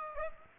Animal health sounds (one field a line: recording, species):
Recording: mosquito wingbeat signal from an infrared sensor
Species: Aedes aegypti